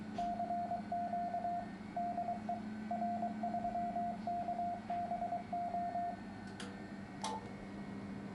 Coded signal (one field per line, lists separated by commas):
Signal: Morse code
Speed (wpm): 23 wpm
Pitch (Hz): 700 Hz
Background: radio noise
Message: CQ DE R3KBO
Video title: EB1200 HF/6m linear amplifier MRFX1K80 for IK4GNI